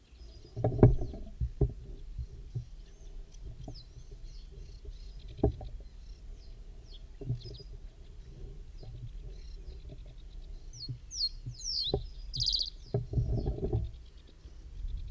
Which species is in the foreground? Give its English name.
Reed Bunting